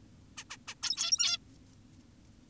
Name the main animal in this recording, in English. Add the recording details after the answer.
Zebra Finch. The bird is an adult. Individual g17y2U